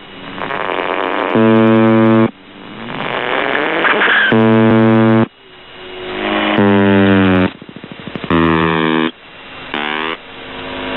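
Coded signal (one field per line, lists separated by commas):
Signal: channel marker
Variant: UVB-76 (The Buzzer)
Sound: harsh low buzz bursts, about five in eleven seconds, separated by warbling static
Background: radio static and interference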